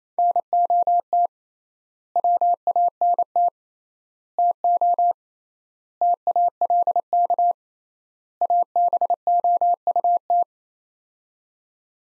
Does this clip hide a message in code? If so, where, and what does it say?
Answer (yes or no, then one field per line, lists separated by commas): yes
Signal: Morse code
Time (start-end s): 0.2-10.4 s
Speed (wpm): 27 wpm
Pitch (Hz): 700 Hz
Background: none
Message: NOT WANT TO TALK ABOUT